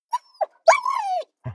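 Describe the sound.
Dog giving a short trilled whine that rises then slides gently down, framed by brief soft yelps and a low grunt at the end.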